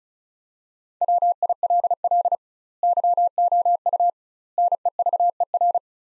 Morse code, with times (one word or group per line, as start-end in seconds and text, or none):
1.0-2.4 WILL
2.8-4.1 YOU
4.6-5.8 NEVER